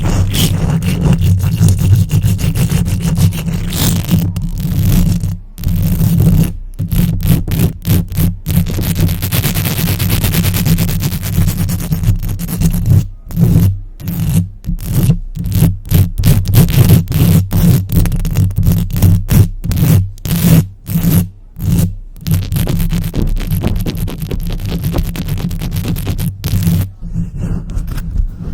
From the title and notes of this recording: ASMR Mic Scratching & Tapping, Fast and Aggressive, for Sleep, mic triggers, rubbing, long nails.